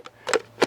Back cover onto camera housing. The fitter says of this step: it a little bit of a twist, and it just locks in place.